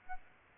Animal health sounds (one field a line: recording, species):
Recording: mosquito wingbeat signal from an infrared sensor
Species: Aedes aegypti